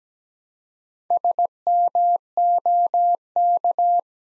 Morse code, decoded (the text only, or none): SMOK